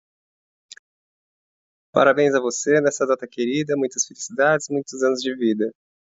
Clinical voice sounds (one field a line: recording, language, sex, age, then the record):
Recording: short text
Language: Brazilian Portuguese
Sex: male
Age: 20 to 29 years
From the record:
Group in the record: control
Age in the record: 29 years